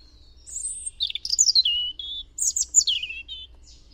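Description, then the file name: European robin song: clear high whistles sliding down into liquid warbled notes, a pause, then another sweeping descending twittery phrase; quiet background. "Erithacus rubecula"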